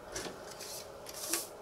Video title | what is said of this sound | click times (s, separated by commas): How to Install Mini Blinds - BlindOnLine.com | and you can see they simply snap right into place | 1.3 s